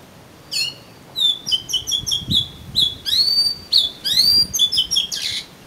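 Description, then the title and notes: Oriental magpie-robin singing a varied run of clear whistled notes, some rising and slurred, others short and sweet, delivered in quick succession with a harsh buzzy note at the end. "suara kacer. kumpulan suara burung kacer"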